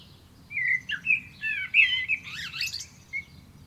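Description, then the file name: Common blackbird song: a flowing, fluty warble of slurred whistles, turning into rapid high squeaky notes and ending with a short soft whistle. "Turdus merula"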